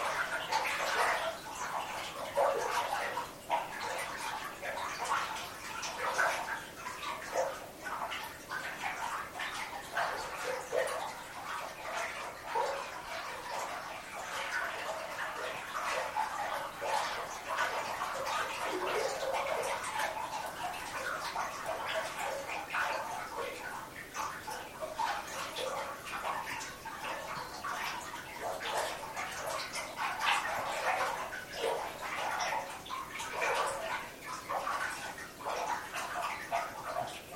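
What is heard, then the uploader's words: Water rushes and splashes steadily in a natural area, a dense, bright, continuous churning with constant small surges and no clear pauses. Water sounds from a cage in a natural classified area in central Portugal. Recorded by Luís Antero.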